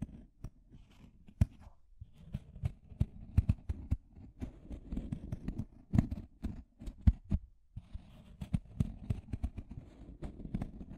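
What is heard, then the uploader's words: Deep scratching: a rough, low rasping that rubs on in uneven strokes, broken by sharp clicks and snaps every fraction of a second. The scraping drops out briefly around two and eight seconds, then starts up again just as busily. Deep Scratching. (No Talking).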